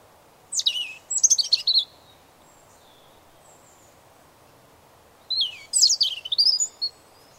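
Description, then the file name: European robin: two bursts of high, tinkling warbles separated by a silent stretch of several seconds. "Erithacus rubecula"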